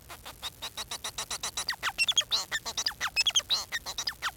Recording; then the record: song of a male Bengalese finch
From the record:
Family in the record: son of father 4